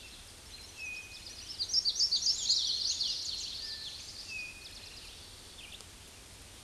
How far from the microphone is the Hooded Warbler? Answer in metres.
about 25 m